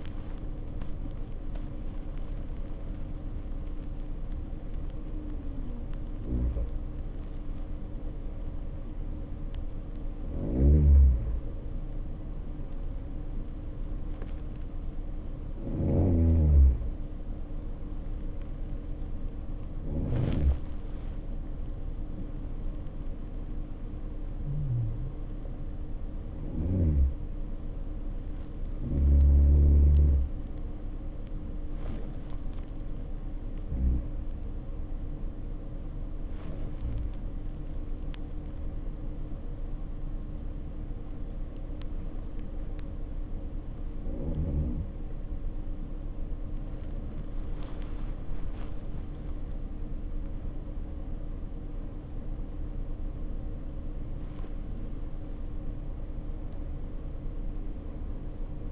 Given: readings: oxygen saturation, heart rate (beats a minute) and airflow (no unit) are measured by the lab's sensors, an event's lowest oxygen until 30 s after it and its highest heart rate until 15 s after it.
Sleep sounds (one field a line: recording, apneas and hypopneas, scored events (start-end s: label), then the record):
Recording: breathing in sleep by a smartphone at the bedside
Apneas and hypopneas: 1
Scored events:
38.00-54.20 s: hypopnea (N1, oxygen 96% highest, then 93% lowest, heart rate 53 at the start, 62 highest)
From the record:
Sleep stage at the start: N1 (lightest sleep)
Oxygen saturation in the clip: 83 to 96%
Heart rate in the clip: 50 to 82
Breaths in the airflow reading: 14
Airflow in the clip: -3.2 to 1.6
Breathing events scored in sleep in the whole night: 520 in 7.2 hours asleep